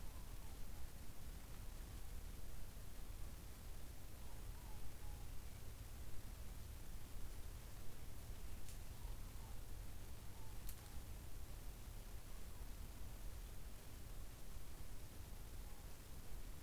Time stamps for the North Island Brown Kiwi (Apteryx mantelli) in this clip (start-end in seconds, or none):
none